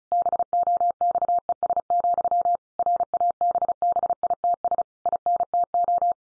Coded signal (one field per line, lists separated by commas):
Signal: Morse code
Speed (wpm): 34 wpm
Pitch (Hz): 700 Hz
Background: none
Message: BOXES, RABBITS INTO